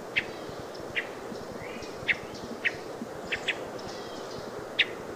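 American robin giving short, sharp chirped calls at irregular intervals over steady background noise.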